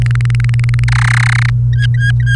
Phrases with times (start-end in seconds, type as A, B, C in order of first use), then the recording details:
0.02-0.84 A, 0.88-1.50 B, 1.73-2.35 C. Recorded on 28 April 2018 at 11:51. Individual llb3